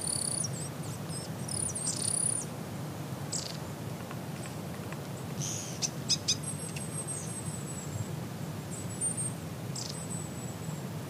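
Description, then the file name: Long-tailed tit calls: bursts of high, thin trilling notes early on, then scattered sharp ticks and a few drawn-out high thin notes over a low rumble. "enaga"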